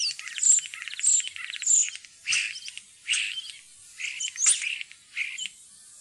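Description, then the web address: Common starling song: a rattling burst of clicks, then a run of separate whistled and wheezy phrases with a sharp high squeal late on. "fuglelyder-1 staer"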